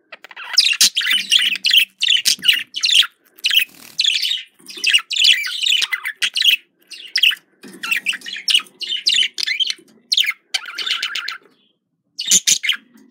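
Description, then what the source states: Budgerigar warbling steadily with a dense stream of chirps, squeaks and grating notes, broken by short pauses. Described as a love sound.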